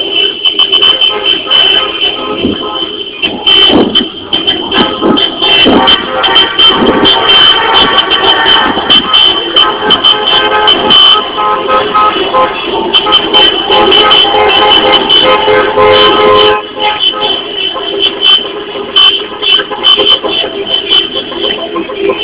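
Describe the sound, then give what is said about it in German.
Continuous street noise on Nørrebrogade, Denmark, from a huge line of cars all flying Palestinian flags, with car horns honking over and over in overlapping blasts and a steady engine rumble underneath, loud throughout. “Eine riesen Schlange von Autos, alle haben palästinensische Flaggen.”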